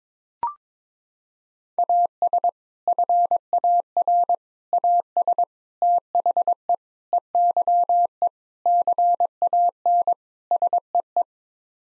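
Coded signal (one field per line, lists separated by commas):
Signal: Morse code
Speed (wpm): 22 wpm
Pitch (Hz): 700 Hz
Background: none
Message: AS FAR AS THE EYE CAN SEE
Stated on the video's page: Morse practice at 22 wpm: sets of seven common words (7-grams) for head-copy, each sent twice.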